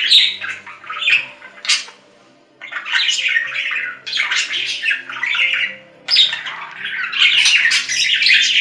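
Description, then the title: Budgerigar chatter: raspy squawks and warbling notes in three busy bursts separated by short quiet gaps. "Budgie Sounds"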